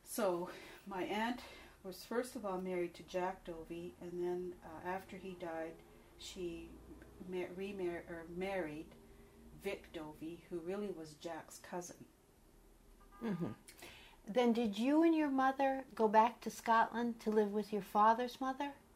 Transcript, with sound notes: So my aunt was first of all married to Jack Dovi and then after he died she mar -- remar -- or married Vic Dovi --who really was Jack's cousin.
Um hum. (car horn) Then did you and your mother go back to Scotland to live with your father's mother?